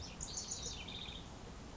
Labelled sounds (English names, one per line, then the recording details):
House Wren
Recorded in Sonoma County, California